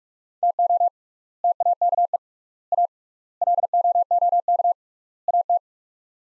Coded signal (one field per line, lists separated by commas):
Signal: Morse code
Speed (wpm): 42 wpm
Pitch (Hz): 700 Hz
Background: none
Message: TO TAKE A LOOK AT